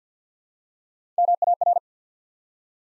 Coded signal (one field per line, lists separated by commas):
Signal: Morse code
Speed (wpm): 50 wpm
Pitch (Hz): 700 Hz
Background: none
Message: MAR